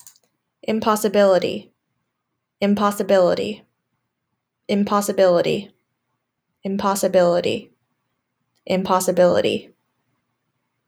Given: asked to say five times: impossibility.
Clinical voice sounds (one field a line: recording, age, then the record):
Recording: repeated word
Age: 20 to 29 years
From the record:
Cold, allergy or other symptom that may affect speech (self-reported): no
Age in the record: 26 years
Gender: other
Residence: Massachusetts, United States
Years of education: 16